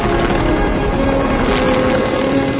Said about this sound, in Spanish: Un helicóptero sobrevuela el océano.